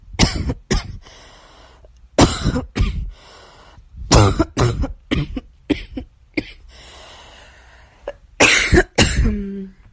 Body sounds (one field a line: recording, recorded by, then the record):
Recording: voluntary cough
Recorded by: messaging app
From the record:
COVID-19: negative